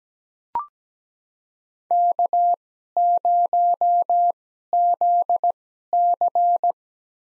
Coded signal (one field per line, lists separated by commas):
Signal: Morse code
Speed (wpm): 17 wpm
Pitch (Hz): 700 Hz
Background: none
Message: K0ZC